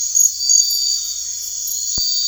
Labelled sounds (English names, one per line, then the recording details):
none
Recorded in secondary vegetation near Puerto Asís, Putumayo, Colombia, on 9 March 2025 at 23:30
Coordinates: 0.499, -76.323
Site G094